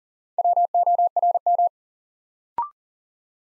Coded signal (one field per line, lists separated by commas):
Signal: Morse code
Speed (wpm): 38 wpm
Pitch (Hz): 700 Hz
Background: none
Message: WORM